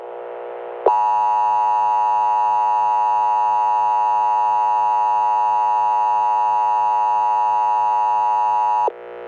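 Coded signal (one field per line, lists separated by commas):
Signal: Emergency Alert System (SAME) tones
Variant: 853 and 960 Hz attention tone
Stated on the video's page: Fictional simulated EAS broadcast about an asteroid impact apocalypse.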